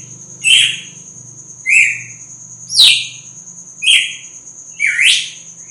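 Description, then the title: Red-cowled cardinal song of five bright whistled phrases, some falling steeply, about one per second, above a low hum and steady high tone. Female; sings strongly at dawn after moult. "Canto Galo Campina Fêmea 02. GALO DE CAMPINA AÇOITA FORTE NA MADRUGADA DEPOIS DA MUDA"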